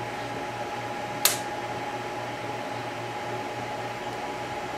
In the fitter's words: you can see you have that Gap there and you can you'll eventually get it to snap in place